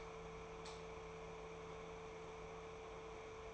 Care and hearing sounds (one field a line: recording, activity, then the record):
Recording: daily activity, microphone in the room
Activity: light on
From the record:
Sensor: 1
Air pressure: 1014.6 hPa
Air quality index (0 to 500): 176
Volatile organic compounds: 15 ppm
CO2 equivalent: 2487 ppm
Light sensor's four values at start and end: 14/35/14/16 and 18/49/19/21